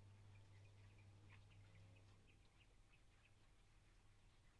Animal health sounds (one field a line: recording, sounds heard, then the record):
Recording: poultry house recording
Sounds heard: healthy chickens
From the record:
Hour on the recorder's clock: 11